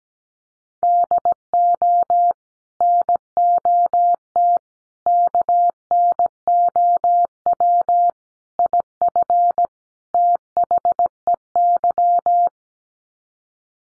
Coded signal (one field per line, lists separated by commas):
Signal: Morse code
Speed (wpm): 17 wpm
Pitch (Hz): 700 Hz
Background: none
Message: DO NOT KNOW IF THEY